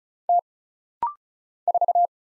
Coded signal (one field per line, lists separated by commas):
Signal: Morse code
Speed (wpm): 36 wpm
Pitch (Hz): 700 Hz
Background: none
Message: T 4